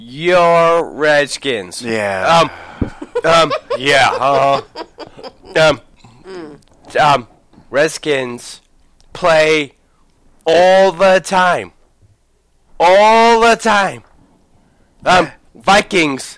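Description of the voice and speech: Halting speech with long pauses, repeated 'um' and short repeated phrases, consistent with aphasia.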